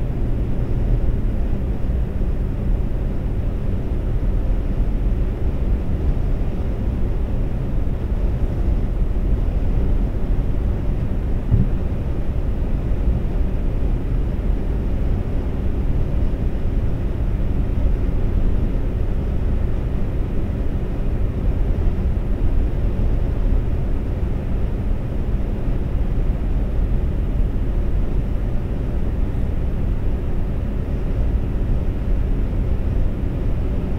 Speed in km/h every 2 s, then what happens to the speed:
127, 127, 127, 127, 127, 127, 127, 127, 127, 127, 127, 127, 127, 127, 126, 127, 127.
0-34 steady at about 127.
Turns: none.